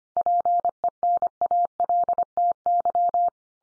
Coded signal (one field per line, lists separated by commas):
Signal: Morse code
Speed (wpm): 25 wpm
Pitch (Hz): 700 Hz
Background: none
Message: PENALTY